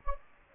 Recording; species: mosquito wingbeat signal from an infrared sensor; Anopheles gambiae